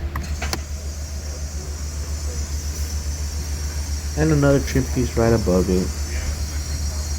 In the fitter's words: snap it into place